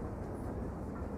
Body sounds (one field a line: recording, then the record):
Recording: background sound without coughing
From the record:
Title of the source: Train Ride Ambience ambient white noise for sleeping, focus, studying, reading